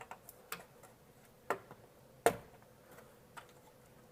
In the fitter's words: little clicks as they go and there's